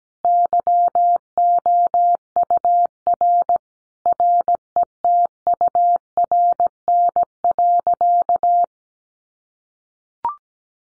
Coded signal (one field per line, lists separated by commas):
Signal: Morse code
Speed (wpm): 17 wpm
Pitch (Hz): 700 Hz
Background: none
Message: YOUR RETURN.